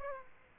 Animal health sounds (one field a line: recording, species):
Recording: mosquito wingbeat signal from an infrared sensor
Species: Aedes aegypti